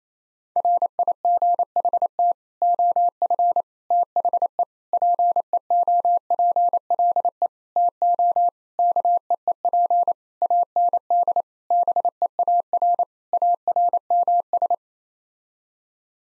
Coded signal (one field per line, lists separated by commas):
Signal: Morse code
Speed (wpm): 28 wpm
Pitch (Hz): 700 Hz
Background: none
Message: RIGHT OF THE PEOPLE TO KEEP AND BEAR ARMS